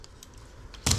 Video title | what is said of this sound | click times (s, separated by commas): 2015 Toyota Sienna Oil Change - Real Time - Unedited | kind of feel that click into place | 0.9 s